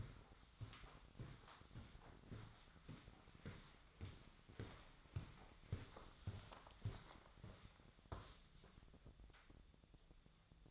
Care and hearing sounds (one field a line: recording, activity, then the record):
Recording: daily activity, microphone in the room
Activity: walk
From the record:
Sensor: 3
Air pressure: 1009.3 hPa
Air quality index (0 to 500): 192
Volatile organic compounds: 4 ppm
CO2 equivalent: 1550 ppm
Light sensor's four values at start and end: 59/150/66/69 and 58/150/66/68